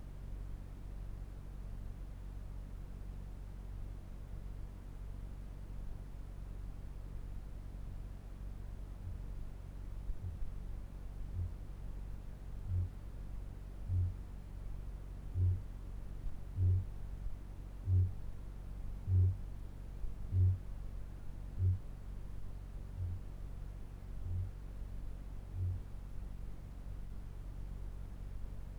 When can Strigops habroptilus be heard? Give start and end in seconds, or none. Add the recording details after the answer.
8.76-11.56, 12.40-21.90, 22.74-25.91. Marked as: faintness 5/5, faintness 3/5, faintness 4/5. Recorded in New Zealand. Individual Barnard